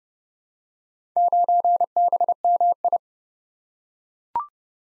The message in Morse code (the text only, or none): 9BMI